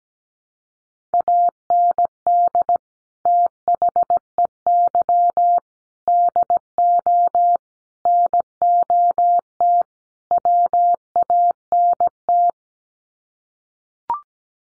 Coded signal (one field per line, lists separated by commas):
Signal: Morse code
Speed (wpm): 17 wpm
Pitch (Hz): 700 Hz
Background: none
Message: AND THEY DO NOT WANT